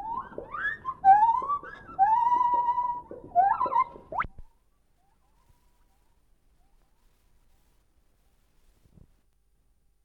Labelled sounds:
Lar Gibbon (Hylobates lar)
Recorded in captivity
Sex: male
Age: adult
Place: Tierpark Berlin, Berlin, DE
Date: 1968-12-22 12:30
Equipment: Uher 4000 Report, Sennheiser MD 421
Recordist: Tembrock, Günter

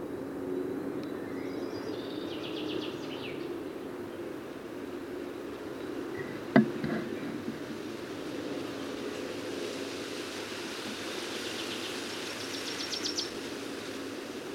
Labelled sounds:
Common Chaffinch (Fringilla coelebs) song
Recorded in the wild
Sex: Männlich
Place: Babadag, Dobrogea, RO
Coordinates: 44.695, 28.434
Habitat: Forest
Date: 1976-06-01
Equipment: Nagra III BH, Sennheiser MD 21, parabola
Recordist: Schubert, Michael

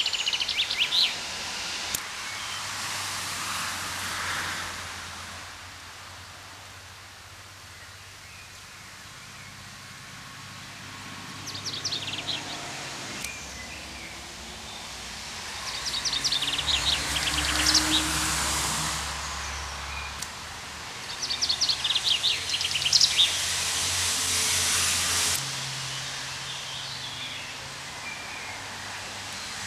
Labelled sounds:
Common Chaffinch (Fringilla coelebs) song
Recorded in the wild
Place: Genfersee, Rhône-Alpes, FR
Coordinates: 46.3089, 6.25333
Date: 1986-05-01
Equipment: Uher 4000 Report, Sennheiser MKH 815 T
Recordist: Tretzel, Erwin

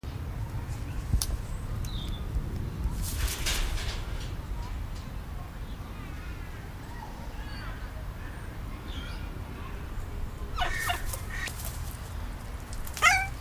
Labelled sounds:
Greater Vasa Parrot (Coracopsis vasa) call
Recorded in captivity
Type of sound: call
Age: adult
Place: Tiergarten Wilhelma/Stuttgart, Baden-Württemberg, DE
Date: 1998-10-02 17:20
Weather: bedeckt, ca. 14°C
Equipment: Sony MD-WM MZ-R3, Sennheiser MKH 416 T, Kopie Uher 4000 Report Monitor
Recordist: Tembrock, Günter
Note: Zwei Tiere: Laute

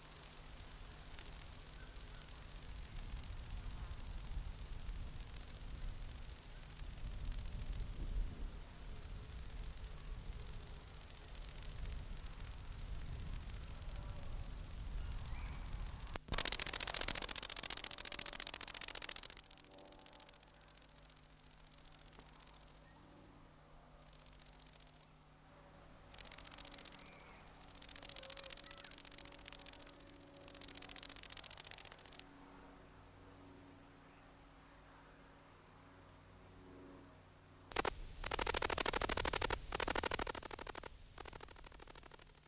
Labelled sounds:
Great Green Bush-cricket (Tettigonia viridissima) stridulation
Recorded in the wild
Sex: male
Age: imago
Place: Lienen, Nordrhein-Westfalen, DE
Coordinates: 52.146, 7.974
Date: 1991-09-21 17:30
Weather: 24,1 °C
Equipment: Marantz CP 430, Sennheiser ME 80, K 30 AV, Kopie Tesla B 116
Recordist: Tembrock, Günter

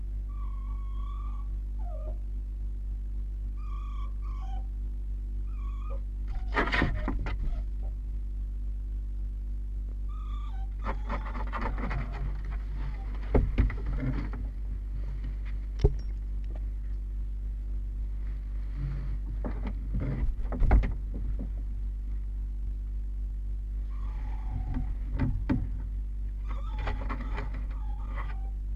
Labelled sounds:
Red Fox (Vulpes vulpes)
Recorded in captivity
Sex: diverse
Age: juvenile
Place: Zoologisches Institut der HUB, Berlin, DE
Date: 1958-06-28
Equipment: Smaragd
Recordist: Tembrock, Günter
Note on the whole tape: Welpen (Beobachter hinter Zwischentür - mehrfach wiederholt). Jean: winselt, wenn getrennt, auch Muffwinseln und Muffen, wenn Tür offen und er zum Beobachter; Jenny: winselt anfangs ebenfalls hinter der Tür (hell und mit Crescendo); Jean:scharrt an der Tür. Nicht geschnitten

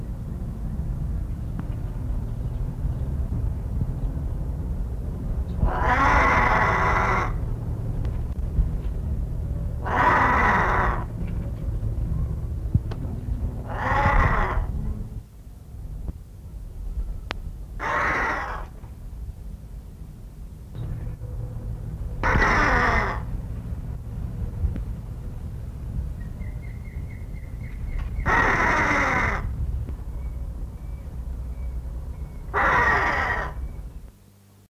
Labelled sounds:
Harris's Hawk (Parabuteo unicinctus) call
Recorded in captivity
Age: adult
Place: Tierpark Berlin, Berlin, DE
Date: 1968-08-10
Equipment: Halbspur, 9,5 cm/s
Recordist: Lütgens, Hans

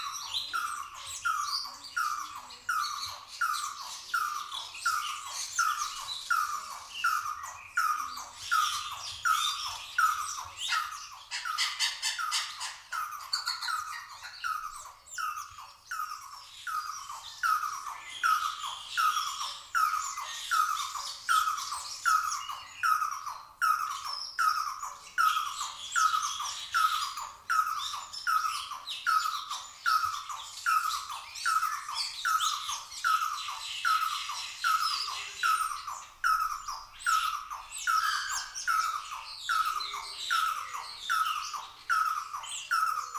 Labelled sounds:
Red-and-yellow Barbet (Trachyphonus erythrocephalus) call
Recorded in captivity
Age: adult
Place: Zoo Berlin, Berlin, DE
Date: 2002-10-22 12:20
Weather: overcast, 13°C
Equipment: Nagra SN, Kopie Uher 4000 Report Monitor
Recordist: Tembrock, Günter

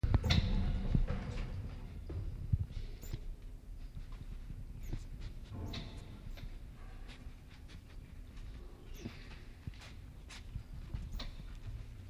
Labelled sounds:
White-nosed Coati (Nasua narica) call
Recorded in captivity
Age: adult
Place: Zoo Leipzig, Sachsen, DE
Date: 1965-03-25 20:00
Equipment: Magnetophon 300, Transistorverstärker, Sennheiser MD 421
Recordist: Tembrock, Günter
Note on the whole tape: Kurzlaute beim Umherlaufen

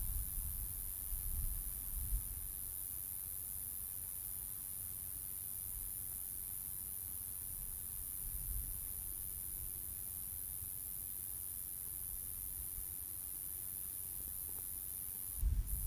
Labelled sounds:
Roesel's Bush-cricket (Metrioptera roeselii) stridulation
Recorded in the wild
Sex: male
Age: imago
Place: Strausberg, Barnim, Brandenburg, DE
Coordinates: 52.5533, 13.8819
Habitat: meadow
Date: 1989-08-12 16:08
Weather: sonnig, 28°C
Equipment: Riporter 6 RG-K, Halbspur, Sennheiser MKH 416 T
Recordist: Frommolt, Karl-Heinz

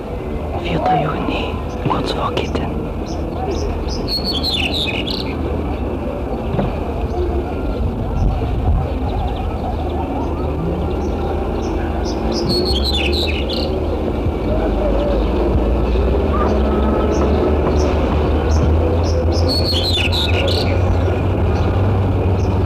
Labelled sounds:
Black-headed Bunting (Emberiza melanocephala) song
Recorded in the wild
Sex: male
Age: adult
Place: Kiten, Burgas, BG
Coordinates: 42.2333, 27.7667
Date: 1968-06-04
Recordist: Stiefel, Arnd

